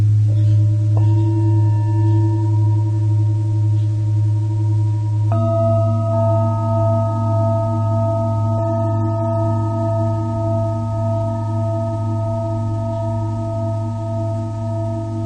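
A Tibetan singing bowl rings with a deep, steady hum and several clear overtones that sustain throughout. Around five seconds a fresh strike adds brighter, louder tones above the drone, which then hold evenly with a gentle, slow wavering in volume.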